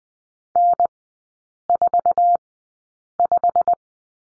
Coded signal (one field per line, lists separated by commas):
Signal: Morse code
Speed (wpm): 20 wpm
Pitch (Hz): 700 Hz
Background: none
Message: N45